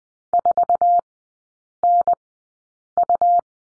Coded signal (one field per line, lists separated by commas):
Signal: Morse code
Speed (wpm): 20 wpm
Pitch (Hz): 700 Hz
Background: none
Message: 4NU